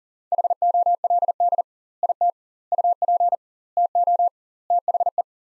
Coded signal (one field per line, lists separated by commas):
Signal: Morse code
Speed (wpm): 40 wpm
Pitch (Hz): 700 Hz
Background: none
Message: HOLD IT UP TO THE